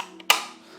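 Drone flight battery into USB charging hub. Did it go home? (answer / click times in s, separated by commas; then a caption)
yes / 0.3 s. A drone flight battery is popped into a USB charging hub for a Mini 3 Pro. A faint tap at 0.2 s is followed by a sharp, strong click at 0.3 s that rings down over the next few tenths of a second. The battery is seated in the hub.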